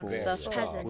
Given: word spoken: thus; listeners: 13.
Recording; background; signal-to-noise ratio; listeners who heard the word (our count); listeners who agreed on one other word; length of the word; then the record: one English word in noise, from a listening test; four-talker babble; -1.8 dB; 1 of 13; 7 of 13; 0.50 s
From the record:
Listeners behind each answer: 7, 1, 1, 1, 1, 1, 1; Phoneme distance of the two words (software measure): 34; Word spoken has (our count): 1 syllable, 3 phonemes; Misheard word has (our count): 2 syllables, 5 phonemes, stress on syllable 1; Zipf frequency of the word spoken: 3.81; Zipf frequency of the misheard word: 3.43